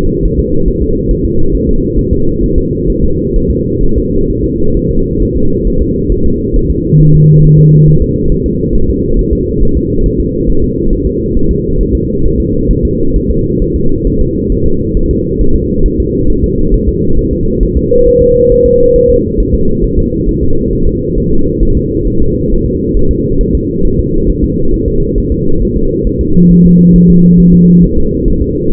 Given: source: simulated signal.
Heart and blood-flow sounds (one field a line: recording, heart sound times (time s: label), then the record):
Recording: fetal heart sounds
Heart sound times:
0.25 s: S1
0.40 s: S2
0.68 s: S1
0.82 s: S2
1.11 s: S1
1.25 s: S2
1.55 s: S1
1.69 s: S2
1.99 s: S1
2.13 s: S2
2.44 s: S1
2.58 s: S2
2.90 s: S1
3.04 s: S2
3.36 s: S1
3.51 s: S2
3.84 s: S1
3.98 s: S2
4.30 s: S1
4.45 s: S2
4.77 s: S1
4.91 s: S2
5.22 s: S1
5.37 s: S2
5.67 s: S1
5.82 s: S2
6.12 s: S1
6.26 s: S2
6.56 s: S1
6.71 s: S2
7.00 s: S1
7.15 s: S2
7.44 s: S1
7.59 s: S2
7.88 s: S1
8.02 s: S2
8.32 s: S1
8.46 s: S2
8.75 s: S1
8.90 s: S2
9.19 s: S1
9.33 s: S2
9.63 s: S1
9.77 s: S2
10.06 s: S1
10.20 s: S2
10.50 s: S1
10.64 s: S2
10.93 s: S1
11.07 s: S2
11.37 s: S1
11.51 s: S2
11.81 s: S1
11.95 s: S2
12.25 s: S1
12.40 s: S2
12.71 s: S1
12.85 s: S2
13.16 s: S1
13.31 s: S2
13.62 s: S1
13.76 s: S2
14.07 s: S1
14.21 s: S2
14.52 s: S1
14.66 s: S2
14.97 s: S1
15.11 s: S2
15.41 s: S1
15.56 s: S2
15.86 s: S1
16.00 s: S2
16.30 s: S1
16.44 s: S2
16.74 s: S1
16.88 s: S2
17.19 s: S1
17.33 s: S2
17.63 s: S1
17.77 s: S2
18.08 s: S1
18.22 s: S2
18.52 s: S1
18.66 s: S2
18.96 s: S1
19.10 s: S2
19.40 s: S1
19.55 s: S2
19.84 s: S1
19.99 s: S2
20.29 s: S1
20.43 s: S2
20.73 s: S1
20.87 s: S2
21.18 s: S1
21.32 s: S2
21.63 s: S1
21.77 s: S2
22.08 s: S1
22.22 s: S2
22.52 s: S1
22.66 s: S2
22.97 s: S1
23.11 s: S2
23.41 s: S1
23.55 s: S2
23.85 s: S1
24.00 s: S2
24.30 s: S1
24.44 s: S2
24.74 s: S1
24.88 s: S2
25.18 s: S1
25.32 s: S2
25.62 s: S1
25.77 s: S2
26.07 s: S1
26.21 s: S2
26.51 s: S1
26.66 s: S2
26.96 s: S1
27.10 s: S2
27.40 s: S1
27.54 s: S2
27.84 s: S1
27.98 s: S2
28.28 s: S1
28.42 s: S2
28.72 s: S1
From the record:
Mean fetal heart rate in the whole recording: 135 bpm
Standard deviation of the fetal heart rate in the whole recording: 3 bpm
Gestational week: 36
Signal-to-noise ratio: -17.7 dB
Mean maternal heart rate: 72 bpm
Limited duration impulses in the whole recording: present